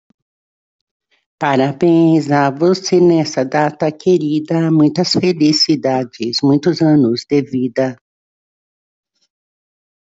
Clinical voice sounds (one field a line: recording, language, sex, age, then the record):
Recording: short text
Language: Brazilian Portuguese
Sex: female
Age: 60 to 69 years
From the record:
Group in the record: control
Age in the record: 61 years